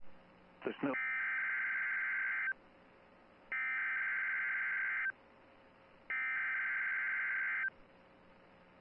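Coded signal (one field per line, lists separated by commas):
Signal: Emergency Alert System (SAME) tones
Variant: header bursts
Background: speech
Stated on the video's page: Snow squall warning received from a Milwaukee, Wisconsin NOAA Weather Radio transmitter.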